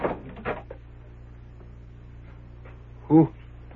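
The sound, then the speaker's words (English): A few soft thumps and rustles, then a door swings open with one short, loud, tonal creak near the end before it falls quiet over a low steady hum. “Come in, the door's open.”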